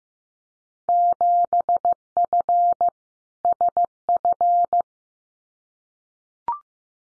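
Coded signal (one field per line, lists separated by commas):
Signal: Morse code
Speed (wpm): 15 wpm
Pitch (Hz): 700 Hz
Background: none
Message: 7F SF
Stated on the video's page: Randomly selected Field Day exchanges at 15 wpm for head-copy practice, each sent in Morse twice.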